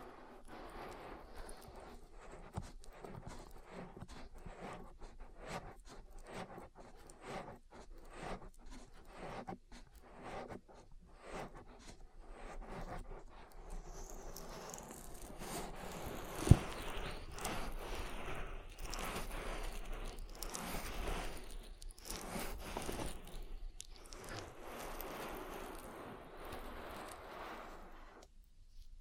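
Oil ear massage with repeated wet rubbing and squelching strokes, busier and denser after the midpoint, with one sharp click around sixteen seconds.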